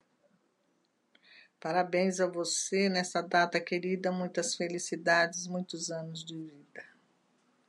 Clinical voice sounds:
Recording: short text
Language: Brazilian Portuguese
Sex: female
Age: 70 to 79 years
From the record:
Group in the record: control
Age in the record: 73 years

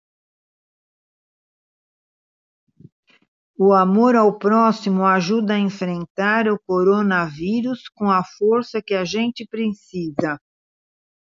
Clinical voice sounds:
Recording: spoken sentence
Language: Brazilian Portuguese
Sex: female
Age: 70 to 79 years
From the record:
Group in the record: control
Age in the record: 74 years

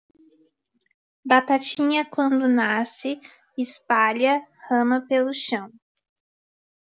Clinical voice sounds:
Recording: short text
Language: Brazilian Portuguese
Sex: female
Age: 20 to 29 years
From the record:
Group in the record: control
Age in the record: 20 years

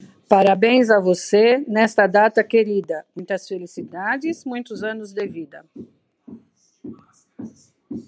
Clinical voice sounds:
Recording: short text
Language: Brazilian Portuguese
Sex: female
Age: 60 to 69 years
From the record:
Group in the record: control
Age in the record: 62 years

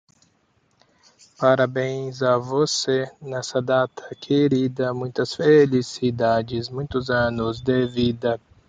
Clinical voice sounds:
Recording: short text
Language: Brazilian Portuguese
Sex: male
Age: 30 to 39 years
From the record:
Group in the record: control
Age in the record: 38 years

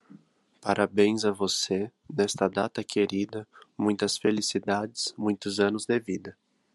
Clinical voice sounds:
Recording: short text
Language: Brazilian Portuguese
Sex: male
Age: 18 to 19 years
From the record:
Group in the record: control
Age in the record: 19 years

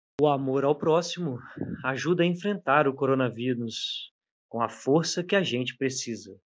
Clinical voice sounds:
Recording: spoken sentence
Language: Brazilian Portuguese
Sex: male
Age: 20 to 29 years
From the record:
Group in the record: control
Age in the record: 29 years

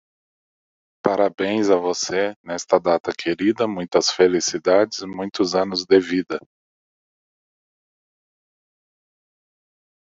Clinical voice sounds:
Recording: short text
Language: Brazilian Portuguese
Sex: male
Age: 40 to 49 years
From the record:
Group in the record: control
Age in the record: 42 years

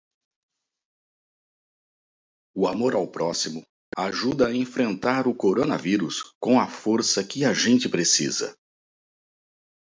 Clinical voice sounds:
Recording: spoken sentence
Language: Brazilian Portuguese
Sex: male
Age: 50 to 59 years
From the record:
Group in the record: control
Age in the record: 55 years

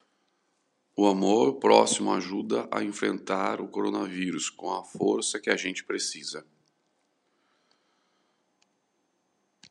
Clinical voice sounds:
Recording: spoken sentence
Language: Brazilian Portuguese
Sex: male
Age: 40 to 49 years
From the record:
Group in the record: control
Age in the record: 40 years

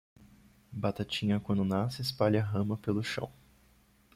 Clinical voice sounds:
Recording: short text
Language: Brazilian Portuguese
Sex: male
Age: 20 to 29 years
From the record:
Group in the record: control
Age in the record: 29 years

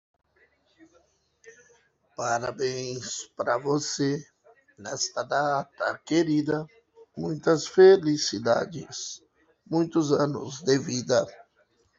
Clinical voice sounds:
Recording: short text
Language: Brazilian Portuguese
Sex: male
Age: 40 to 49 years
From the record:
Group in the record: control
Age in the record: 47 years

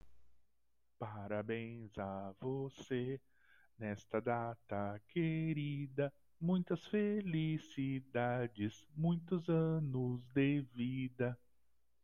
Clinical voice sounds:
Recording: short text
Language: Brazilian Portuguese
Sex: male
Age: 50 to 59 years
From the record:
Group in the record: control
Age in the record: 51 years

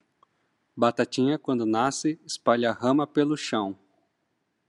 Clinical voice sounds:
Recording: short text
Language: Brazilian Portuguese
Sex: male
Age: 40 to 49 years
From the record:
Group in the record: control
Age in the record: 41 years

